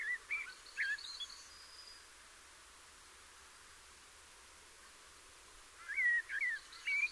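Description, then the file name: Common blackbird singing a short mellow warbled phrase with a faint high twitter, then a long quiet gap before another fluty phrase starts near the end. "Turdus merula"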